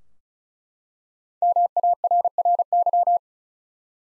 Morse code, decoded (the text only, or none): MARRY